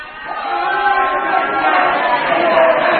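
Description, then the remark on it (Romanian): A dense crowd gathered at an arsenal during an uprising murmurs and shouts together in a steady, loud roar of many overlapping voices, with no single speaker standing out, continuing throughout. “Ce de mulțime s-a adunat în preajma arsenalului.”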